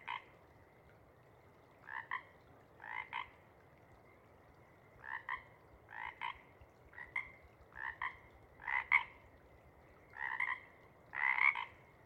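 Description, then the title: Pacific chorus frogs giving scattered two-part croaks in short bursts separated by quiet gaps, the calls growing louder toward the end. Pacific chorus frog chorus at a pond in pre-morning twilight as late night wanes; temperature torpor sets in, individuals leave to hunt; chorus breaks into successive waves circling the pond, then staccato sections tapering away. "Chorus Frogs, Chorus Waxes and Wanes, pre-morning-twilight"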